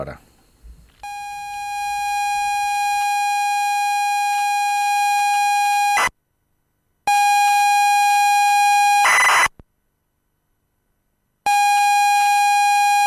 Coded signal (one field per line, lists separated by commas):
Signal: ZX Spectrum tape loading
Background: speech